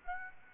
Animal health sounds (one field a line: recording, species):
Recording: mosquito wingbeat signal from an infrared sensor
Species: Aedes aegypti